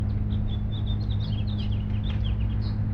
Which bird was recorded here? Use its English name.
House Finch